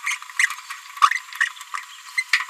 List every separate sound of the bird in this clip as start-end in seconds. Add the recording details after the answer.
0.06-0.16, 0.39-0.47, 1.01-1.09, 1.40-1.46, 1.77-1.80, 2.17-2.23. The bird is a female. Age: 30 days. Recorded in a nest box in Venezuela. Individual 17B73B2